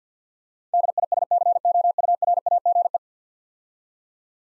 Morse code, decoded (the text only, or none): DISCOURAGE